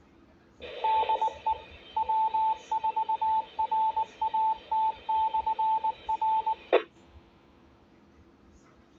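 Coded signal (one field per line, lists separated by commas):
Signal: Morse code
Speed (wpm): 19 wpm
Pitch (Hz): 880 Hz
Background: radio noise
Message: DE W4RAT/R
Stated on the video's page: Heard on UHF simplex radio nets for marathon logistics and medical support.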